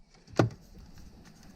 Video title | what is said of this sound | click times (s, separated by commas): P3 Gauge Install | you know a tight fit um and then you know this just snaps back into place and | 0.4 s